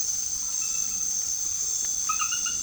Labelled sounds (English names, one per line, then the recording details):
none
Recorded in secondary vegetation near Puerto Asís, Putumayo, Colombia, on 13 March 2025 at 22:00
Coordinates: 0.489, -76.322
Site G042